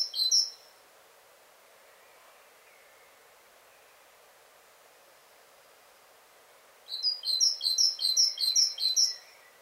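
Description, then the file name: Great tit: brief end of a note burst, a long quiet stretch, then a two-second run of rapid high chipping notes. "Parus major"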